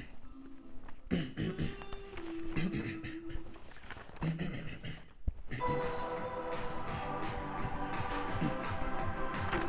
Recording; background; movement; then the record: throat clearing; music; walking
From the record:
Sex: male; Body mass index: 23.7 kg/m2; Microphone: on the chest, facing outward